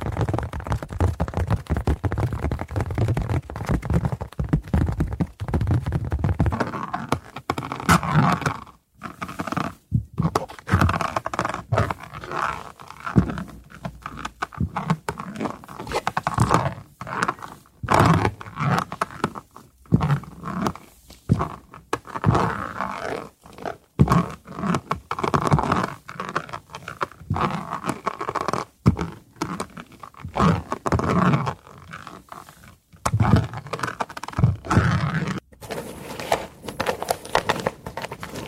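Wood sounds: rough, grinding and creaking noise that runs almost continuously in choppy, irregular bursts, heaviest in the low and middle range with a growl-like quality. Brief silent breaks cut in often, notably near 9–10, 20 and 33 seconds.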